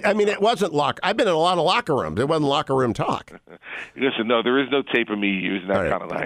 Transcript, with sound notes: I mean, it wasn’t locker, and I’ve been in a lot of locker rooms. It wasn’t locker room talk.
(laughing) Listen, no, there is no tape of me using that kind of language.